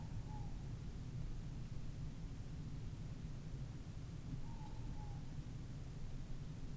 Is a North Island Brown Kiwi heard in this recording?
no